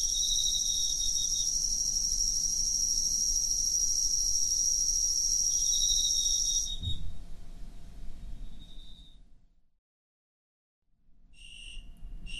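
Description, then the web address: Cricket song as a long, steady high trill for about seven seconds, fading into quiet, then short chirps at the end. "Hoerbeispiele Grillen"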